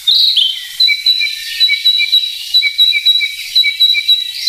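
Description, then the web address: Narcissus flycatcher song: a brief opening flourish, then a steady series of high whistled notes alternating with lower chirped notes. "sikioto. kibitaki"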